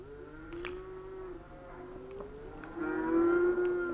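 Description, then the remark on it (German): Cattle low in long, drawn-out moos, several overlapping calls with a deep droning pitch that swell louder toward the end, with no talking. “Das Vieh ist besser verkauft worden, als ich dachte.”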